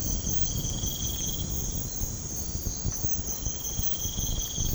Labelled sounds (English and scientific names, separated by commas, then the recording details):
none
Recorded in pastures near Puerto Asís, Putumayo, Colombia, on 19 March 2025 at 00:30
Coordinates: 0.505, -76.324
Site GP08